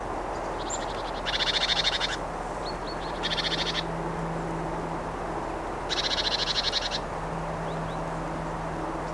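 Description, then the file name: Great tit churrs: three separate harsh, pulsed rattles, with soft high notes between them and a faint low hum beneath. "Parus major"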